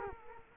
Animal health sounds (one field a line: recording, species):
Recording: mosquito wingbeat signal from an infrared sensor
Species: Culex quinquefasciatus